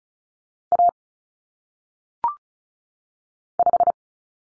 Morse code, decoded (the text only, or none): A 5